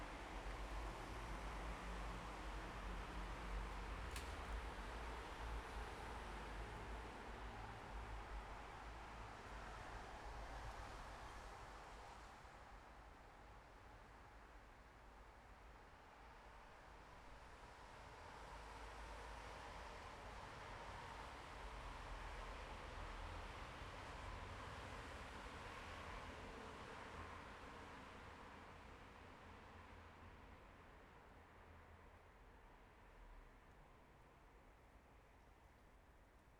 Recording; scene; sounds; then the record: everyday scene through a hearing-aid microphone; in traffic; traffic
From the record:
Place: bus stop on a city main road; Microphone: behind the ear, left, rear